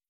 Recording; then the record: hydrophone in a shrimp aquaculture tank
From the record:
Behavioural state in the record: starved